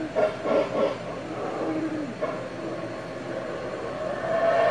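Howler monkeys roaring in deep, rough, throaty bursts that swell and fade, with a continuous hoarse chorus underneath.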